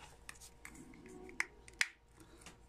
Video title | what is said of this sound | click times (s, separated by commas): installing action pegs | we go it's snapped in place | 1.4 s, 1.8 s